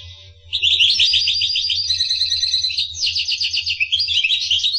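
Finch song starting after half a second, a dense rapid run of high twittering notes and trills lasting to the end, over a steady low hum.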